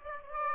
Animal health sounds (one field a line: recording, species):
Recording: mosquito wingbeat signal from an infrared sensor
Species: Aedes aegypti